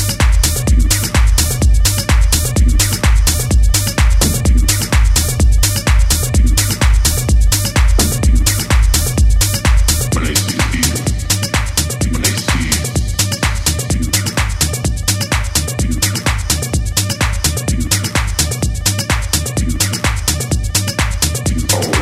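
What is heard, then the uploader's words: Loud dance music at a late night party: a heavy, deep kick drum pounds at a fast, even pace under a dense, bright wash of synths and hi-hats. Around ten seconds the bass line shifts and the mix drops slightly, with the beat continuing unbroken. The sounds of a secret late night party. Recorded somewhere in California.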